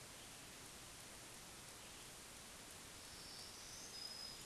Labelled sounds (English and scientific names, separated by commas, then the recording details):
Black-throated Green Warbler (Setophaga virens) song
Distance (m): 25 m
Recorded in a Pennsylvania forest on 1 June 2023 at 08:59
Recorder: AudioMoth, point grid3_22_low
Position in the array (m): 213 m, 178 m